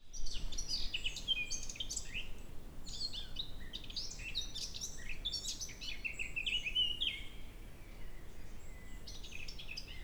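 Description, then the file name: Eurasian blackcap giving fast, varied warbling phrases in repeated bursts, scratchy notes mixed with clearer whistled ones, over a steady low rumble of background noise. "Sylvia atricapilla"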